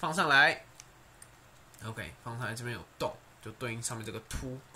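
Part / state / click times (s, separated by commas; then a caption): toy robot head piece onto body peg / not seated / none. Someone talks while positioning the head piece of a plastic transforming robot toy so its hole lines up with a raised peg on the body, with a couple of faint light ticks from handling. The clip ends just before the head is pressed on, so nothing has seated or clicked yet.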